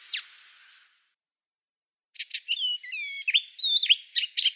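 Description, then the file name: Icterine warbler giving a sharp note, a short silence, then a quick run of whistled slurs and harsh chattering notes. "Hippolais icterina"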